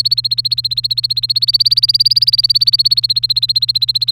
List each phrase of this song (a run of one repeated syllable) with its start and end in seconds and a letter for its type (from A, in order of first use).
0.00-4.12 A